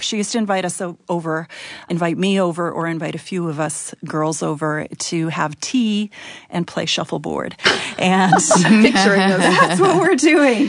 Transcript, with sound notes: She used to invite us over, invite me over or invite a few of us girls over, to have tea and play shuffleboard. (Laughter)
I’m picturing this.
That’s what we’re doing!